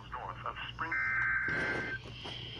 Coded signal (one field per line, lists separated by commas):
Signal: Emergency Alert System (SAME) tones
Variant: header bursts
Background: speech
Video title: EAS #2 - SEVERE WEATHER